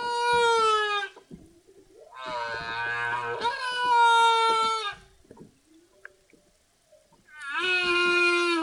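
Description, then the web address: Humpback whale song: long harmonic moans, each about one to three seconds, some gently falling, separated by short quiet gaps with faint clicks and creaks. "Epidemic Sound Albums. Whale Song Humpback"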